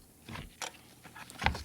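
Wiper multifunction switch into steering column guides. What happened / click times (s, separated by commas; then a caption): The plastic switch clipped into its guides / 1.5 s. A plastic wiper multifunction switch for a Grand Caravan is pushed down into its guides on the steering column, with a few soft plastic knocks and rustles around 0.3, 0.6 and 1.3 seconds. At 1.5 seconds a sharper, louder click sounds as the small plastic tab clips in, and the switch is seated.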